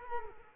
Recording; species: mosquito wingbeat signal from an infrared sensor; Culex quinquefasciatus